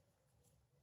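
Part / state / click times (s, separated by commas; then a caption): wiper blade adapter clip into wiper arm hook / not seated / none. A passenger-side front windshield wiper blade's adapter clip is being pulled into the hook of the wiper arm on a Nissan Versa. Quiet handling rustle runs throughout, with a sudden louder low thump right at the end, around 0.9 s. Nothing has seated or clicked yet.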